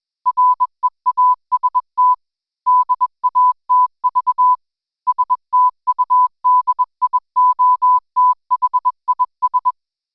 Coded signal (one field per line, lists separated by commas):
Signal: Morse code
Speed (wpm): 21 wpm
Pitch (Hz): 1000 Hz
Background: none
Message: REAST DATV STUDIO THIS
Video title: REAST Forum Night - Contesting in all it's Forms!